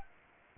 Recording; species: mosquito wingbeat signal from an infrared sensor; Anopheles arabiensis